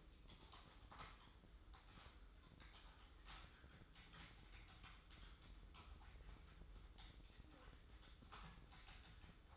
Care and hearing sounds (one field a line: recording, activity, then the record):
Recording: daily activity, microphone in the room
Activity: typing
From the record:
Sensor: 3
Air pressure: 995.3 hPa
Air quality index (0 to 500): 78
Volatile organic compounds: 6 ppm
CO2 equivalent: 1845 ppm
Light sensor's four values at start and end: 20/59/25/22 and 20/60/25/22